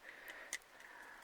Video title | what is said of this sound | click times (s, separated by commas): Transformers Buzzworthy Bumblebee Worlds Collide Fangry Review | and that will just pop into place | 0.5 s